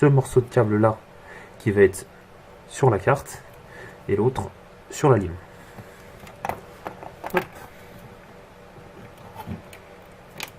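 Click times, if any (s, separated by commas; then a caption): 10.4 s. Someone talks while a keyed power supply cable connector is pushed into its socket on a mining motherboard, with a few small handling clicks and knocks around 6.5–7.1 s and 9.7 s. A sharp click at 10.4 s marks the connector clipping in, and the small noise confirms it is properly seated.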